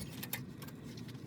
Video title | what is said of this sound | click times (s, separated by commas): Chevy Equinox/GMC Terrain Rear Brake Pad & Rotor Replacement 2010-2017 | And we just put them on the same way that we took them off until they click. | 0.3 s